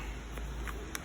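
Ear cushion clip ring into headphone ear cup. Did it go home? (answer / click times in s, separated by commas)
yes / 0.4 s, 0.7 s, 0.9 s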